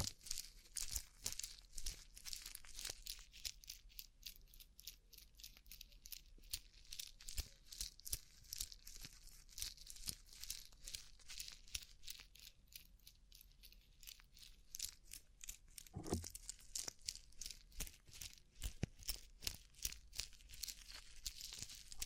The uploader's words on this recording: ASMR Rhinestone Covered Tapping 3Dio (No Talking).